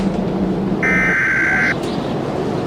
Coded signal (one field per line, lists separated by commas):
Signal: Emergency Alert System (SAME) tones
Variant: header bursts